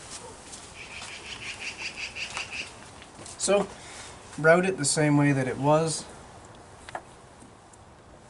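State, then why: Seated. A spark plug wire boot on a 1989 Buick Reatta is pushed onto its spark plug/coil terminal and clicks on, seating it. Someone talks, then a faint, quick double click comes at about 6.9 and 7.0 seconds. A soft chirping tone is heard earlier in the clip.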